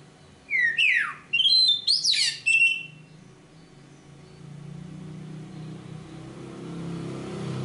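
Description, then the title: Oriental magpie-robin giving one brief burst of sweeping whistles and chirps, then only a low humming background. Kacer Poci, national champion competition bird; singing gacor, with nembak and ngerol; seven kinds of kacer sound every three minutes. "Kacer Poci Gacor Nembak Dan Ngerol Juara Nasional. 7 macam suara kacer setiap 3 menit"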